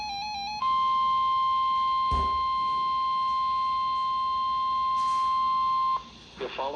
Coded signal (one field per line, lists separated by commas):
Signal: Emergency Alert System (SAME) tones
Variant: 1050 Hz attention tone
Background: speech, music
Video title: {TRIPLE HEADER} - EAS #2088-2090 - 3 High Wind Warnings on KIH28 2-15-2025